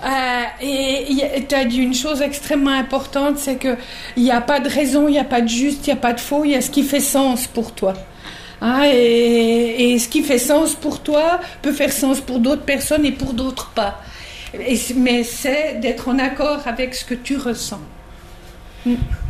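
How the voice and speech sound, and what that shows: A woman speaks French clearly and fluently, with a steady, clear voice and natural pauses; ordinary speech.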